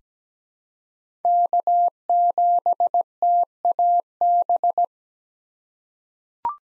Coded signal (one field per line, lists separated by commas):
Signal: Morse code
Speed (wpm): 17 wpm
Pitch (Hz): 700 Hz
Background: none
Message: K7TAB